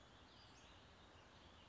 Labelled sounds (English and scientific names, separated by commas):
Western Flycatcher (Empidonax difficilis)